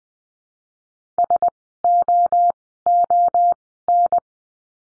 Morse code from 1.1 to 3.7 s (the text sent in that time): S O O